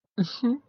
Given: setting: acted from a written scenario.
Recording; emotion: vocal sound without words; romantic love